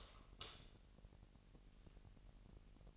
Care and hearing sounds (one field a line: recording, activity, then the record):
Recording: daily activity, microphone in the room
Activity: light on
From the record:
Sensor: 4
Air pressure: 1002.7 hPa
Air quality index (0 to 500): 248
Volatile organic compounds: 18 ppm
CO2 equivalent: 2602 ppm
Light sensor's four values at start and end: 6/13/5/5 and 6/15/6/6